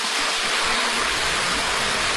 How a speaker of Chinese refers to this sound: 好，现在我们已经到达了我们红岩岭景区的大门口了，大家能够听到潺潺的流水声，在门口的一个假山小瀑布景观和这种喷泉景观。